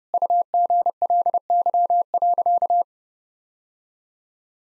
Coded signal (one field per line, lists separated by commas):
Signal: Morse code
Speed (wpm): 30 wpm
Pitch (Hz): 700 Hz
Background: none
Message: UGLY.